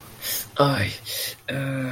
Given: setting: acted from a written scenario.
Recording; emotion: vocal sound without words; pain